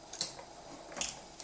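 A release button is pressed on the nozzle socket of a So-Tech 800W stick vacuum, and the adjustable metal extension tube is pulled out of the vacuum body socket. Sharp plastic clicks are heard at 0.2 s and 1.0 s as the button and latch let go, and the tube comes out easily, released.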